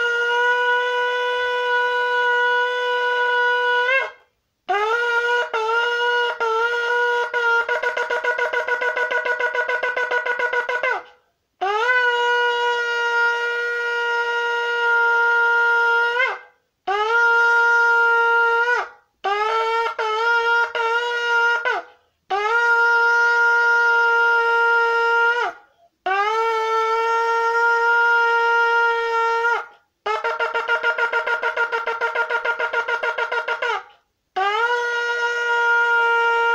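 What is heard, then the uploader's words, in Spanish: A shofar sounds in a series of long, loud, bright blasts with brief silent gaps, some notes steady, others broken into quick wavering bursts. Breve vídeo con el sonido del shofar que se escucha durante el mes de Elul.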